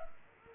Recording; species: mosquito wingbeat signal from an infrared sensor; Culex quinquefasciatus